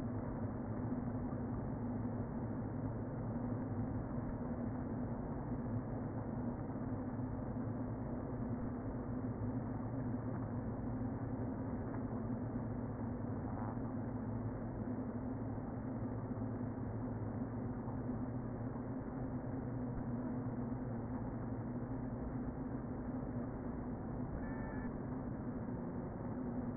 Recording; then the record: honeybee colony, microphone inside the hive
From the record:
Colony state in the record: queen present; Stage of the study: before two queens were removed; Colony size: about 60,000 bees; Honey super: yes